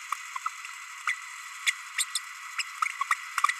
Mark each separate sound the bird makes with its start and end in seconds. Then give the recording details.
1.07-1.15, 1.66-1.73, 1.98-2.05, 2.15-2.19, 2.58-2.63, 3.11-3.14. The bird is a male. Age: 30 days. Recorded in a nest box in Venezuela. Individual 17B32A6